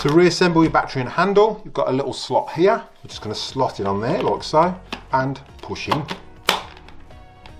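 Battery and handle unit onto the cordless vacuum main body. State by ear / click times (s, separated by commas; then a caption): seated / 6.5 s. Someone talks while sliding the battery-and-handle unit along a slot onto the main body of a Greenote GSC50 cordless vacuum and pushing it home. A single sharp hit at 6.5 s marks the unit seating, followed by a few faint small knocks.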